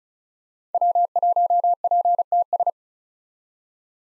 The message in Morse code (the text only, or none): W1PTS